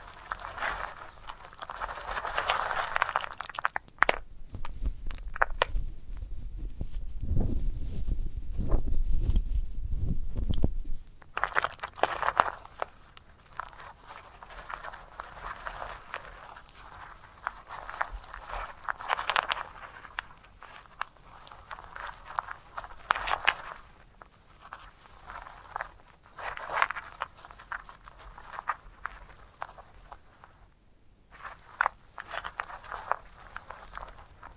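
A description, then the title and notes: Crackling and rustling from a sunflower head being handled, in short irregular bursts of crunchy scratches throughout. From about six to eleven seconds a heavier, deeper rubbing and thumping dominates. Afterward the sounds grow lighter and sparser, with a brief pause near thirty seconds. ASMR of a Sunflower Head (No Talking).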